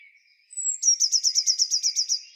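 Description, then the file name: Eurasian blue tit song: a thin, high, slightly falling whistle, then a fast, even trill of about ten bright notes. "Cyanistes caeruleus"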